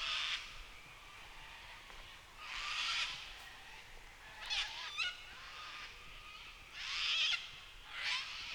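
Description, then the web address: Cockatoos giving harsh, raspy screeches in several short bursts a few seconds apart. Cockatoos at Nightcap National Park, Australia. "NOISE ON EARTH Vol 7 AUSTRALIA Les Cartes Postales Sonores Cocatoes of Nightcap NP"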